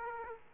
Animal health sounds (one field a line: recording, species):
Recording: mosquito wingbeat signal from an infrared sensor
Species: Aedes aegypti